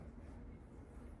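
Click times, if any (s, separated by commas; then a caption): none. A small action camera is being fitted back onto its wearable necklace mount, a magnetic or clip quick-release, by hand. Only a steady, dense low-frequency rumble with no distinct hits is heard, and nothing has seated or clicked yet.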